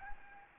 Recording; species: mosquito wingbeat signal from an infrared sensor; Anopheles gambiae